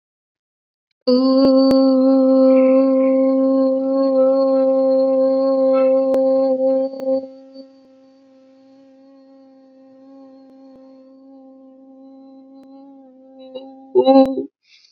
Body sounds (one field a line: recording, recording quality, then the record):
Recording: sustained vowel as in boot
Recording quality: excellent, no background noise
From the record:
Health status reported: healthy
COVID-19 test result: not tested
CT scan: not taken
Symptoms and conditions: none ticked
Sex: female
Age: 23 years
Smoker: no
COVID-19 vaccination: both doses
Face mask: not worn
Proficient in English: yes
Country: India